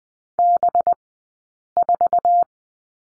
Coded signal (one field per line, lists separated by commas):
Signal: Morse code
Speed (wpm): 20 wpm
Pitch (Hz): 700 Hz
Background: none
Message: B4